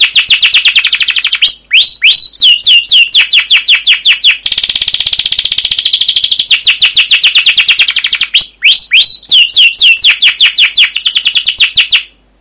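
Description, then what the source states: Canary song: long rapid rolling trills of sweeping high notes, broken by a dense buzzy churring stretch mid-song, then more fast repeated sweeps. Canary in long, full rolling song with cuit cuit chirps and ngerol rolls; a masteran used as a lure to stimulate other canaries to sing.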